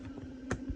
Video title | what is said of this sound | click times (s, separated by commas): Struggles of Weight Loss - Trader Joes Costco Meijer Grocery Hauls For Reset - 7 Day Meal Plan | And you slide it in until you hear a click. | 0.5 s